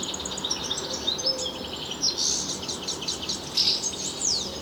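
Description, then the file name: European goldfinch singing a rapid, tinkling twitter of high chirps and short buzzy slurs, running unbroken over a low background hum. "Carduelis carduelis"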